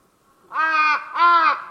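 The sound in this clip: Bird calls: two harsh, harmonic caw-like notes, each about half a second long, given back to back.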